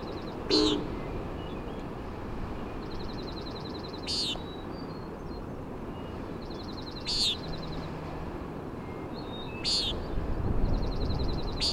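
Common Nighthawk peenting four times a few seconds apart, alternating with quick ticking trills, over gusty wind and ocean noise.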